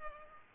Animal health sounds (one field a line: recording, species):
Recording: mosquito wingbeat signal from an infrared sensor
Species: Culex pipiens